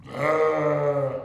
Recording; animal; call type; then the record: contact call of a hoofed animal; sheep; low-frequency (closed-mouth) or high-frequency (open-mouth) call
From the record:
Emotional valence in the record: negative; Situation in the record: short social isolation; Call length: 1.25 s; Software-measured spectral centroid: 1330 Hz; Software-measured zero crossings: 1310 a second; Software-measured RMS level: -24 dBFS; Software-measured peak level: -10 dBFS